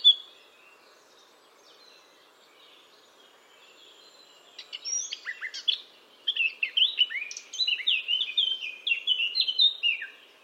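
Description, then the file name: Eurasian blackcap singing after a mostly quiet start: a few soft notes lead into a loud, rich warble of whistled notes. "Sylvia atricapilla"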